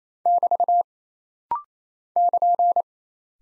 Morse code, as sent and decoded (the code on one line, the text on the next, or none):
-...- / -.--.
<BT> <KN>